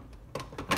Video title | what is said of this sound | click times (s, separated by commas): Sycamore Home Ec - Salsa Demo | you'll hear it click in it | 0.4 s